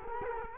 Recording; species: mosquito wingbeat signal from an infrared sensor; Culex quinquefasciatus